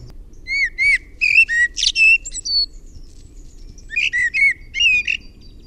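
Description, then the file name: Common blackbird song: a fluted, slurred phrase, a short gap, then a second warbled phrase, with low rumbling underneath. "MUSTARASTAS"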